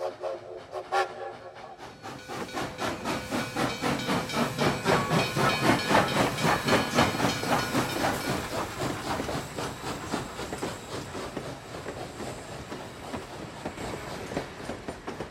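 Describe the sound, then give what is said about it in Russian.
A train rushes by, its wheels beating a fast, steady clickety-clack over a broad rumbling roar and hiss that swells after a quiet start and holds loud to the end. “Поезд быстро промчался мимо длинного дома из красного камня с садом и четырьмя толстыми пальмами, в тени которых стояли столы.”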